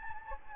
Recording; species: mosquito wingbeat signal from an infrared sensor; Anopheles gambiae